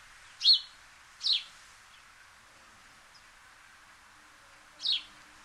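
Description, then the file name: House sparrow chirping: two short, sharp chirps close together, then a pause and one more, over steady background hiss. "Passer domesticus"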